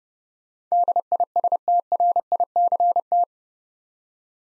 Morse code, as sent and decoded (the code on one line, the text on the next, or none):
-.. .. ... - .-. .. -.-. -
DISTRICT